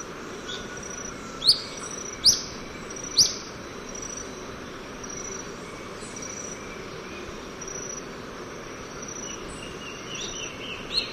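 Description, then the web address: Olive-faced flatbill calls: three sharp, high notes about a second apart, then a few fainter notes, over a steady high insect drone. Recorded in Ecuador. "S America Birds of Ecuador. Olive-faced Flatbill"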